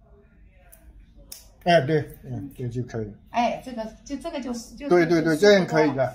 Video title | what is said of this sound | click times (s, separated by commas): 勞力士手表香港帶回來，按原價再加1萬多，看真假，心里不踏實 Famous watch repair | 刚才按的。咔嚓一下。对，对就可以。 | 0.7 s, 1.3 s